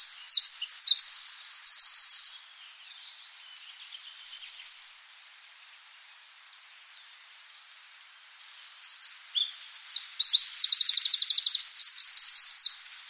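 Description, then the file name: Two bursts of Eurasian wren song, loud high trills and sharp chips, separated by about six seconds of quiet. "Troglodytes troglodytes"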